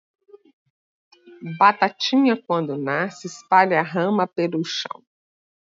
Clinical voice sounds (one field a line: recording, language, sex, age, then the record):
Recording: short text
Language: Brazilian Portuguese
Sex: female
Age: 50 to 59 years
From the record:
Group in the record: control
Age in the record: 55 years